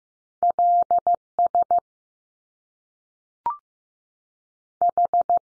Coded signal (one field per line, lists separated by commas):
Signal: Morse code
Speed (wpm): 15 wpm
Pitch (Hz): 700 Hz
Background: none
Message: L S H